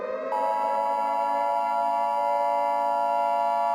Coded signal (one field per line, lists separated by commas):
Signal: Emergency Alert System (SAME) tones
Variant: 853 and 960 Hz attention tone